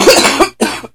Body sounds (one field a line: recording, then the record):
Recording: coughing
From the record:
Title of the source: 61 morning phlegmy cough...again